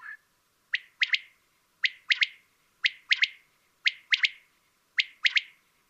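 Common quail delivering five ringing three-note phrases, a lone note then a quick couplet, evenly repeated about once per second.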